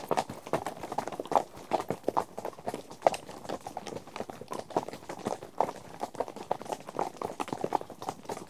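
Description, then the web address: Horses' hooves clopping quickly and unevenly, many strikes overlapping into a brisk, rattling patter. Herd of horses out on trek. "BBC Sound Effects Library - Horses Herd of horses out on trek"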